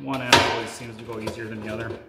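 The male end of a curved sheet-metal ring section is worked into the female end of the next section on a Dauntless maple syrup evaporator while someone talks. A sharp knock near 0.3 s is followed by softer handling rattles and a small tap near 1.3 s. Nothing has snapped into place yet.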